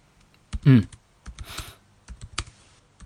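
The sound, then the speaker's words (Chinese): Irregular bursts of sharp keyboard clicks as someone types a graduation thesis on a laptop in a small private study room at a library, with a brief low murmur early on and a soft rustle in the middle. “齐峰开着笔记本电脑敲字，见云建威靠在自己胳膊上发呆看他电脑，停下把电脑推到一边。”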